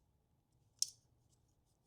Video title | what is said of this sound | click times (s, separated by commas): Fisker Ocean - How To Replace Wiper Blades | put it in like that Follow the arrow and then it should snap into place | 0.8 s